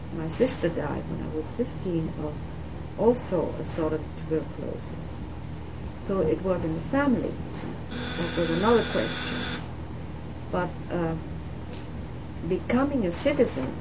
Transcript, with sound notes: My sister died when I was fifteen of also a sort of tuberculosis, so it was in the family, you see. ( a buzzing noise is heard in the background on the tape ) There would have been no question. But becoming a citizen,